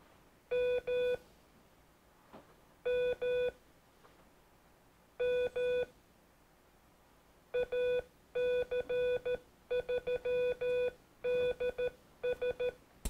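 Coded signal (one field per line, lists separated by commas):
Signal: Morse code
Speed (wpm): 13 wpm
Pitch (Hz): 2450 Hz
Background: none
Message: MMM AC3DS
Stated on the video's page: Foxhunt transmitter Morse ident keyed by an Arduino and relay through a Baofeng radio.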